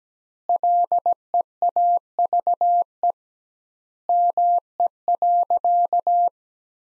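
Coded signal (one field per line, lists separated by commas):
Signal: Morse code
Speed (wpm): 17 wpm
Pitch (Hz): 700 Hz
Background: none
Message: LEAVE ME.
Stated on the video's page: Morse sentence practice built from the top 400 words at 17 wpm, with twice the standard word spacing, similar to Farnsworth.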